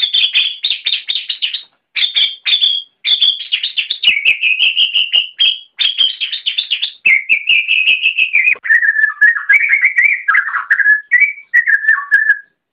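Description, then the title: Oriental magpie-robin singing continuously in rapid bursts of harsh chattering notes, shifting into lower slurred whistles and warbles, with brief pauses between phrases. "Kicau Kacer"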